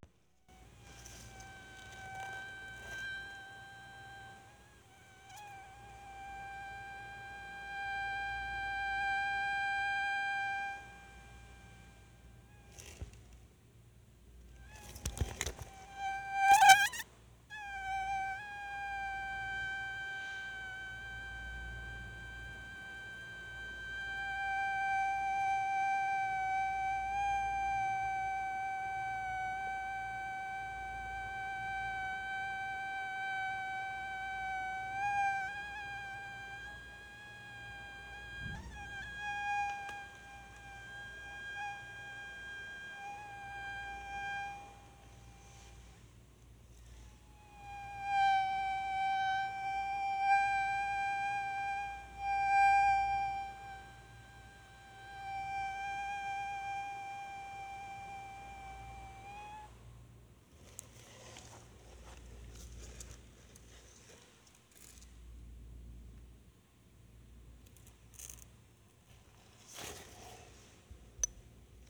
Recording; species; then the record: mosquito flight sound by mobile phone; Anopheles minimus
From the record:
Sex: male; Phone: Sony Xperia